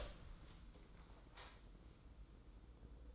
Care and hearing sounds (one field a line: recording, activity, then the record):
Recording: daily activity, microphone in the room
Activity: open door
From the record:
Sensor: 3